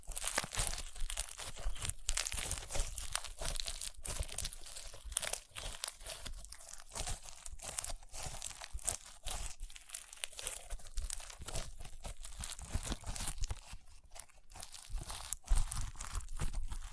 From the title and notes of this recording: ASMR Satisfying Crunchy Slime (No Talking).